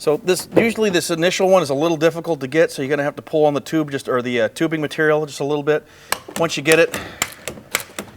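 Someone talks while handling a plastic push rivet at a reflective tubing joint of a Solatube Sky Vault skylight collector amplifier, pulling on the tubing to get this first, harder rivet started and fasten the tube joint. A few short, sharp handling sounds come near the end, and nothing has seated or clicked yet.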